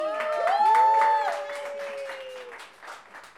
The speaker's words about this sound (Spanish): Oye, un aplauso para